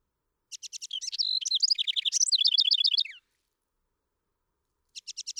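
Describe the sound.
House wren song, an energetic bubbling jumble of quick ticking notes and rolling trills lasting about three seconds, then the start of another phrase after a pause.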